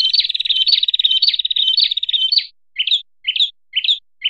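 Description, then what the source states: Bird song: a fast, buzzy high trill held for about two and a half seconds, then separate short rising chirps repeated about every half second. Masteran training recording of bird sound for teaching songbirds.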